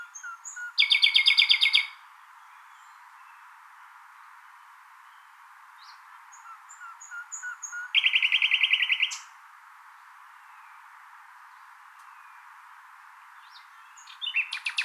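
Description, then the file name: Common nightingale song: loud rapid trills of repeated notes, one near the start and another around eight seconds, with softer scattered notes and a trill beginning at the end. "Luscinia megarhynchos"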